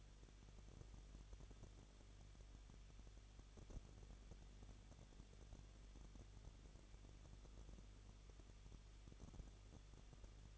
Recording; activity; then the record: daily activity, microphone in the room; no activity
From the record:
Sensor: 4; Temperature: 23.0 degrees Celsius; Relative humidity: 34.3%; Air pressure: 1007.3 hPa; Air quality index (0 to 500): 216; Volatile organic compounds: 15 ppm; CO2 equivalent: 2502 ppm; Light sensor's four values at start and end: 2/3/1/1 and 2/3/1/1